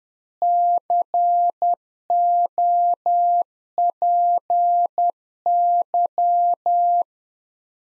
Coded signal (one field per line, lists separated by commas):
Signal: Morse code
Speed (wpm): 10 wpm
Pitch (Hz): 700 Hz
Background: none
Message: COPY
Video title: Practice QSO - Exchange 3- More Info - 10wpm